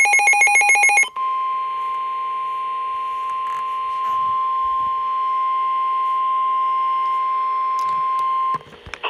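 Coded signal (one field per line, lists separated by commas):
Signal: Emergency Alert System (SAME) tones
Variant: 1050 Hz attention tone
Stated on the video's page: Real NOAA Weather Radio broadcast of two high wind warning alerts.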